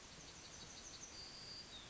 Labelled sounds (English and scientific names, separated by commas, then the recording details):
Yellowhammer (Emberiza citrinella) song
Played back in forest
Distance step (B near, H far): F
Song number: 123